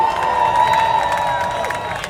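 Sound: crowd applauding and cheering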